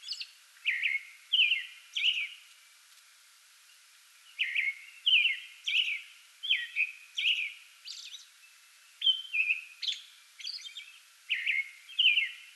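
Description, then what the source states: American robin singing steady caroling phrases, warbled notes in groups of two or three separated by brief gaps, with a longer pause midway. Pre-dawn song bout, 8 May 2022.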